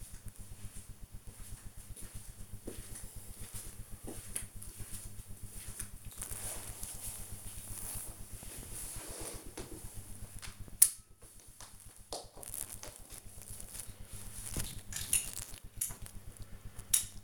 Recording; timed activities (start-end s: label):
household activities, microphone on the right wrist
0.00-17.24 s: working on the computer